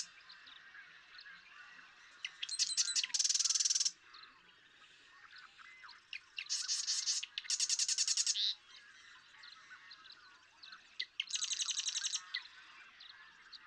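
Marsh Wren singing three times, several seconds apart: each song starts with clicks and runs into a dense, buzzy, rattling trill.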